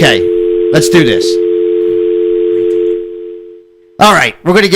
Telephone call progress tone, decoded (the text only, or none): dial tone